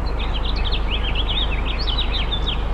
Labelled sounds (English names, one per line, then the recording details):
House Finch song
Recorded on Long Island, New York, on 8 April 2011
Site BN
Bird B